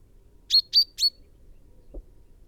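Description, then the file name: Common chaffinch, three quick bright call notes in a row, followed by a soft low thump. "Fringilla coelebs"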